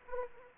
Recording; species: mosquito wingbeat signal from an infrared sensor; Anopheles arabiensis